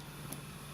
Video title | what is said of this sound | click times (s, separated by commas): Cara Ganti Tambah Upgrade RAM Laptop + Tips Pilih RAM Yang Baik1 | Setelah itu kita tekan saja RAM-nya sampai terkunci atau ada bunyi klik. Selesai. | 0.3 s